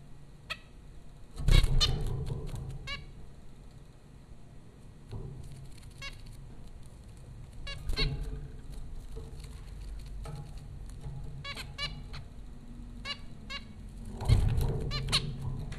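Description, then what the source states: Zebra finch calls, sparse nasal beeps spread through, with loud thumps near the start and end over a constant low hum. Zebra finches recorded by Dan Bodah at Popcorn School, Flatbush, Brooklyn, New York, USA, April 15, 2009.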